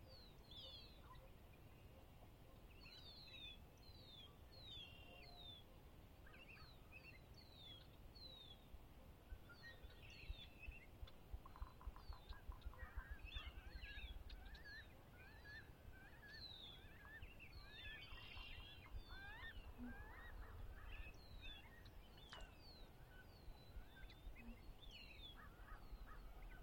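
Dawn birdsong at Conner's Lake on a chilly spring morning: many birds chirp and whistle in quick, overlapping bright calls throughout. A steady low rumble runs underneath, and the calling grows busiest and loudest from about ten to fifteen seconds.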